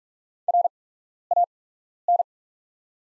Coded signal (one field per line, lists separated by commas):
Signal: Morse code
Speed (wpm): 47 wpm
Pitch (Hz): 700 Hz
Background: none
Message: RAN